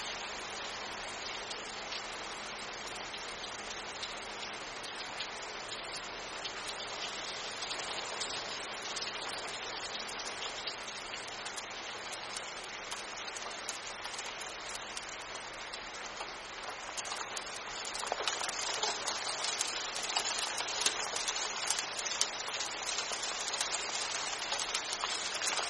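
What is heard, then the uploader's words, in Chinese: Rain falling in a bamboo forest, a dense, steady hiss of countless drops with crisp ticks and patters scattered throughout. Around eighteen seconds the downpour grows heavier and brighter, then holds at that stronger level to the end. 明山竹林听雨。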